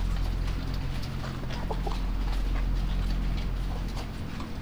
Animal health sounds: poultry house recording; sick chickens (respiratory disease)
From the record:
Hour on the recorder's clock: 2

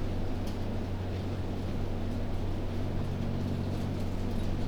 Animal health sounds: poultry house recording; no chicken sound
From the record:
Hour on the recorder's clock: 2

